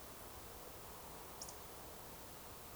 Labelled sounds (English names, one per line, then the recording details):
Eurasian Woodcock whistle
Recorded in Baden-Württemberg, Germany, on 12 June 2020 at 20:23 UTC
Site 43791, 788 m above sea level